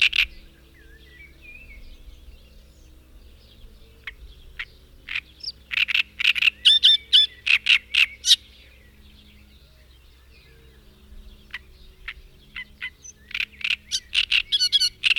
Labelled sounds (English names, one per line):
Great Reed Warbler song